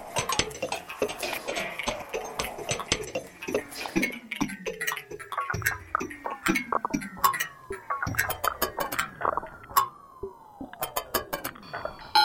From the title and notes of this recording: An example of sounds recorded using a contact microphone, in this case attached to outdoor metal 'furniture' such as wire fences, field gates, signage, etc, subsequently mixed & edited using Audacity. Contact microphones produce a unique sound quality &, of course, eliminate any extraneous noise.